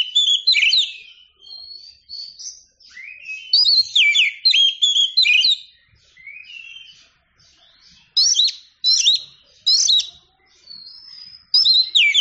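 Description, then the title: Oriental magpie-robin song: bursts of clear whistles and sharp rising-falling notes, loud phrases alternating with quieter twittering and short pauses. Champion singing bird. "Kicau Burung Kacer Juara"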